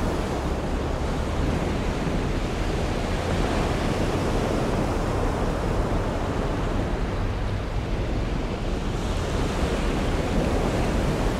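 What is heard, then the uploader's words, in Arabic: Heavy waves roll off the Amalfi coast in a constant, dense roar weighted toward a deep low rumble. The wash swells slightly around the middle and again near the end but never breaks into distinct crashes, and wind buffets the microphone throughout. أمواج عاتية قبالة ساحل أمالفي. سمفونية البحر الأبيض المتوسط البري والعاتية.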